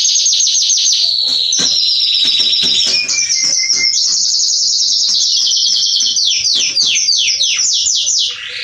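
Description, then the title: Belgian canary song, a continuous high trilled phrase with rapid repeated notes, a brief low whistle, then a series of descending swooping notes at the end. Male Belgian canary singing a lot, to train and warm up young canaries. "Canary Training Esquente Seu Filhote E Canario Belga Em 30 Minutos Macho Cantando Muito. CANTO DO CANRIO"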